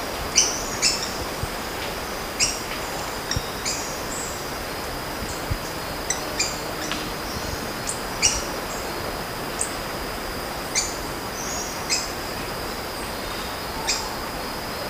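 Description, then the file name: Bird calls: short, sharp chirps, scattered unevenly every second or so over a steady high hum and a soft background hiss. "SABIOD 50 bird 2015"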